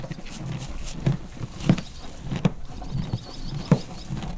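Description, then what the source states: Horse chewing in slower, irregular crunches with a few sharper knocks, faint high twittering in the background. Farmyard; horse eating corn and stamping with its foot.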